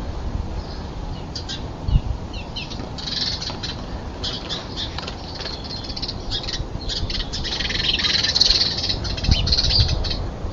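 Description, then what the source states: Common nightingale song, dense bursts of varied high chirps and trills overlapping, growing busier toward the end over a steady low background hiss. More than one nightingale, fighting.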